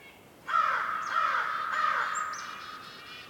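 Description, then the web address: Crow giving a few harsh caws that run together, with faint high chirps from small birds in the background. Winter forest morning in North Laurentian Woods, Canada; crow calls echoing with various bird chirps. "WINTER Forest morning crow calls echoing and various birds chirps, North Laurentian Woods, Canada. Articulated Sounds - Winter Forest Ambience"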